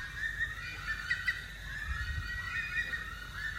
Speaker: And we're listening to the eerie call of the Bushstone Curlew. There's several family groups calling to each other.